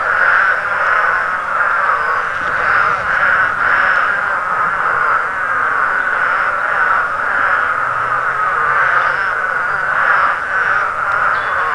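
Spadefoot toad chorus, a continuous dense mid-pitched drone with gentle swells.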